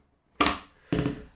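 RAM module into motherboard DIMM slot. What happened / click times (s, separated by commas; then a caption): The memory module latched into its slot / 0.4 s, 0.5 s. A second RAM stick (memory module) is pressed into its motherboard DIMM slot, giving a sharp double click at 0.4 s and 0.5 s as the retention clips latch. A softer burst follows at about 0.9 s. The module is confirmed seated.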